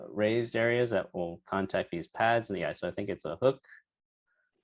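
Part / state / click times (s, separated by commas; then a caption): spring-contact module into doorbell housing / not seated / none. During a teardown of a Google Nest Doorbell, a small plastic module with spring contacts is being hooked into the doorbell housing, about to be snapped down onto its contact pads. Someone talks throughout, followed by a short silence. Nothing has seated or clicked yet.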